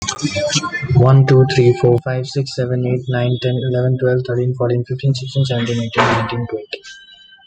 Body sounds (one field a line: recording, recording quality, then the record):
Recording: counting at a fast pace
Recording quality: moderate, slight background noise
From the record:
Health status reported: healthy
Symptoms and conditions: sore throat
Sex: male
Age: 30 years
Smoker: not ticked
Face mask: not worn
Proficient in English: yes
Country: India